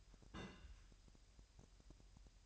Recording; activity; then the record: daily activity, microphone in the room; place on stove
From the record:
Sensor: 2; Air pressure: 1001.8 hPa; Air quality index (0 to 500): 239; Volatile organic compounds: 30 ppm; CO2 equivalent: 2965 ppm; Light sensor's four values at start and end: 5/10/4/4 and 5/10/4/4